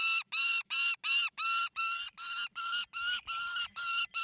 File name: saker falcon tosia call squawk screech scream cry high nervous